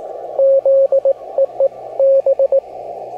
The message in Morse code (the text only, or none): ZEEB